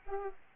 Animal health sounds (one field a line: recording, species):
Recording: mosquito wingbeat signal from an infrared sensor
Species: Anopheles arabiensis